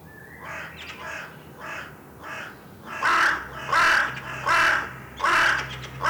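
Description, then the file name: Carrion crow giving a series of harsh, raspy caws, softer at first and then four loud ones spaced roughly every three-quarters of a second. "Corvus corone"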